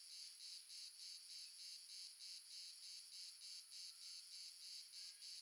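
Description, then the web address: Several crickets calling together, a shrill pulsed chirp beating at a steady, even pace over a constant thin high ringing. Multiple crickets recorded as an ambience in the south of France. "GDC 2017-Game Audio Bundle Red Sonic - Crickets and Frogs amb crickets multiple south france"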